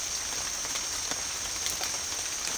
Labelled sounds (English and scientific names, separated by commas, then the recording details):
none
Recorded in pastures near Puerto Asís, Putumayo, Colombia, on 27 June 2025 at 17:30
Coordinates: 0.502, -76.324
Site G010